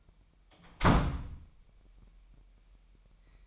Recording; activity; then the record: daily activity, microphone in the room; close door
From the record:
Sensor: 1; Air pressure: 998.4 hPa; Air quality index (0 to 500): 133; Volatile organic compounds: 4 ppm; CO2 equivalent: 1589 ppm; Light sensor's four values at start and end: 18/61/24/25 and 18/61/25/25